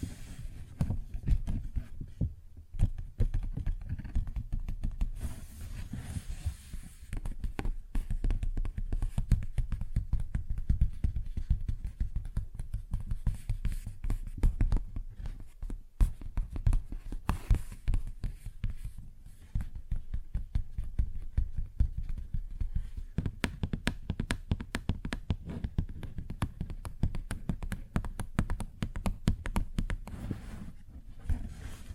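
Fingers tap and scratch at a paper bag in a dense, irregular stream of soft thuds and crinkly scrapes that runs the whole half minute. The sound sits mostly low and muffled, with brighter rustling bursts, and a few brief pauses near 2 and 19 seconds.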